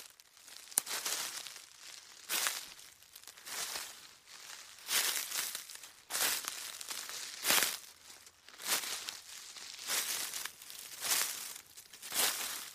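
Footsteps crunch through dry autumn leaves in a forest, each step a bright, crisp crackle. The steps come at a steady walking pace, roughly one every second, with a soft rustle between them and no other sounds.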